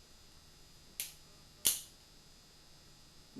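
The hammer of a new steel percussion revolver is cocked, rotating the cylinder until the cylinder bolt snaps into its notch and locks the cylinder into the frame. Two sharp, firm metallic clicks are heard at 1.0 s and 1.7 s, the second louder, over a quiet background. The cylinder locks in place with firm clicks.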